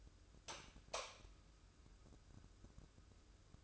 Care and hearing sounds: daily activity, microphone in the room; light on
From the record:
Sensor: 2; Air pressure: 995.3 hPa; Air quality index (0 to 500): 75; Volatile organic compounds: 3 ppm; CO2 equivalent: 1322 ppm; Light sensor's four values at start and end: 8/18/7/8 and 12/36/14/14

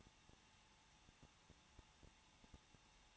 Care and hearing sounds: daily activity, microphone in the room; no activity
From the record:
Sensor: 1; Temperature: 20.1 degrees Celsius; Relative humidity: 39.3%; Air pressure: 1006.3 hPa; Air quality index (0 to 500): 218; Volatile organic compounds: 79 ppm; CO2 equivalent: 3598 ppm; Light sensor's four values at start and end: 1/2/1/1 and 1/2/1/1

